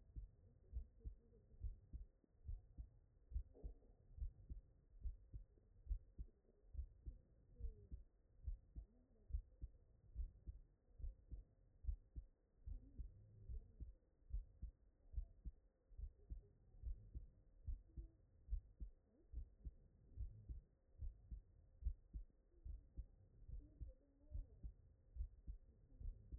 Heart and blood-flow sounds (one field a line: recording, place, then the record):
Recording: heart sounds by stethoscope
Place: tricuspid valve (TV)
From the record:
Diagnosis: non-HFrEF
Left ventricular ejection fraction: 66%